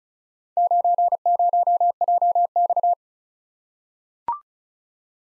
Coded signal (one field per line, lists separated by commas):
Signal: Morse code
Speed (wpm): 36 wpm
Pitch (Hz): 700 Hz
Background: none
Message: 90JX